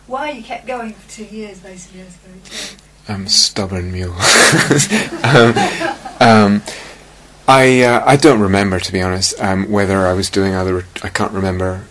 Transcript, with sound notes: why you kept going for two years, basically. I'm a stubborn mule! [laughter] I don't remember, to be honest, whether I was doing other -- I can't remember.